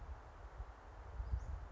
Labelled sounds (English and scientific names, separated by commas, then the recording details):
Western Flycatcher (Empidonax difficilis)
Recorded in Sonoma County, California